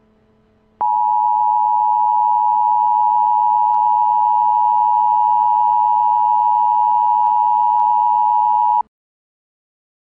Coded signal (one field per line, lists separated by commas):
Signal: Emergency Alert System (SAME) tones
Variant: 853 and 960 Hz attention tone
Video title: EAS Scenario: The Next Big One